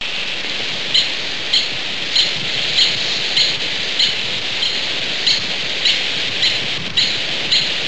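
Douglas squirrel calling, high short chirps repeated roughly every half second to second, fairly regular, over a constant background hiss.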